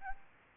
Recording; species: mosquito wingbeat signal from an infrared sensor; Aedes albopictus